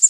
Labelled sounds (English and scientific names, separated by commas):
Prairie Warbler (Setophaga discolor) flight call